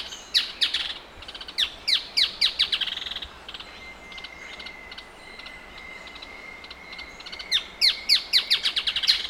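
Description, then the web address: Striated softtail song: two bursts of rapid, descending high notes, separated by a pause in which a thin, steady tone is heard. Male. "sound Striated-softtail. دانلود-صدای-پرنده-نر-دم-راه-راه"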